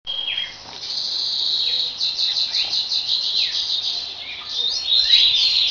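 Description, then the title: Double-collared seedeater song, a fast run of repeated high chirps and buzzy trills with downslurred notes, delivered almost without pause. "Canto Coleiro"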